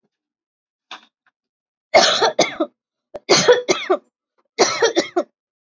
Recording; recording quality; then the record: heavy voluntary cough; excellent, no background noise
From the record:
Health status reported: COVID-19 positive, no symptoms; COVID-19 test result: positive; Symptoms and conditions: cough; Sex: female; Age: 45 years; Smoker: not ticked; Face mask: worn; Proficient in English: yes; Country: India